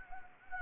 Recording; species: mosquito wingbeat signal from an infrared sensor; Anopheles gambiae